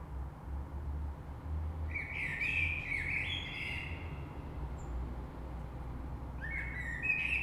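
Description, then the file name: Common blackbird song with a mellow warbling phrase and high twittered ending, followed after a pause by the start of another phrase; low rumbling noise underneath. Recorded on 3 March 2020. "Rush Merle"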